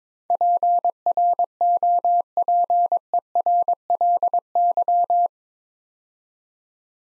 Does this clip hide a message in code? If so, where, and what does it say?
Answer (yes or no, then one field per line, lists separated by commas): yes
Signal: Morse code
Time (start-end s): 0.3-5.3 s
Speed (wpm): 22 wpm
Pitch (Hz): 700 Hz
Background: none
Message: PROPERLY